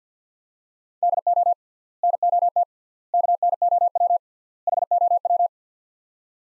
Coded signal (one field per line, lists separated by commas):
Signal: Morse code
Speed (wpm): 50 wpm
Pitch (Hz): 700 Hz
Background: none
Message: DO NOT KNOW HOW